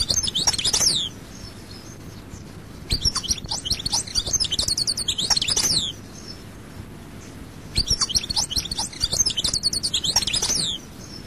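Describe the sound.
European goldfinch song: bursts of rapid, high twittering notes and descending slurs, separated by pauses.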